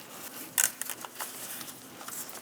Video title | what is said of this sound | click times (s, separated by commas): How to Replace Upstream O2 Oxygen Sensors 2003-2025 Chevrolet Express 2500 4.8L V8 | Install the green lock through the connector to lock that connector in | 0.6 s